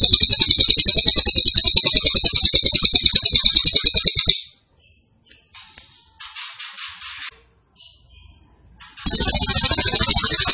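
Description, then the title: Grey-cheeked tit-babbler song: a loud, rapid buzzy trill of fast pulses for about four seconds, then softer chattering phrases, then the loud trill starting again. Described as gacor, actively and vigorously singing, with a strong voice. "Cililin AMPUH"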